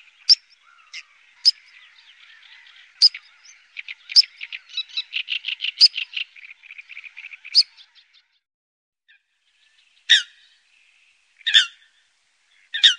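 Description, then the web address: Eurasian coot calls: sharp, explosive high notes at intervals, with a rapid rattling series of short notes in the middle, then more single sharp calls. "Faglar Sound Sothona"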